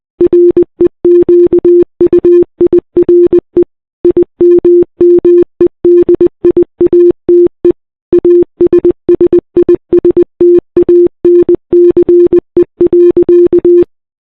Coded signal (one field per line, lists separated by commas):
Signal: Morse code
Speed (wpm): 21 wpm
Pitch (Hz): 350 Hz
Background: none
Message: REQUIRE IMMEDIATE ASSISTANCE.